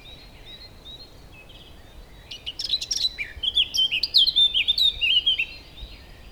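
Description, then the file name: Eurasian blackcap: after a quiet start, a fast warble begins and builds into loud, clear whistled notes before stopping. "Sylvia atricapilla"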